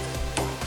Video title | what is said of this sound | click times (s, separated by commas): Chevy Cruze Tail Light Bulb Replacement (Brake, Turn Signal, Reverse) 2011-2016 | And you just push it in until it kind of like clicks. You're going to hear it. | 0.4 s